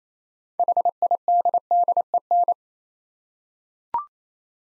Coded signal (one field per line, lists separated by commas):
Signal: Morse code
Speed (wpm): 29 wpm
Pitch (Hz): 700 Hz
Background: none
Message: HIDDEN